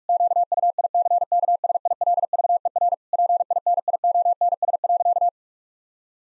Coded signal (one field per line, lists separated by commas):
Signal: Morse code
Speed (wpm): 46 wpm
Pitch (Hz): 700 Hz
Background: none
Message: QUICKSILVER PINIONS.